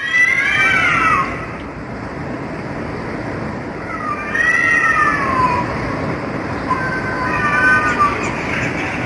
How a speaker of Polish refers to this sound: No tak, ten musical to pewnie koty.